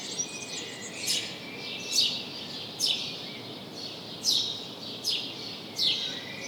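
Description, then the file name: House sparrow chirping, several short downslurred notes nearly a second apart, over a steady background hiss. "Passer domesticus"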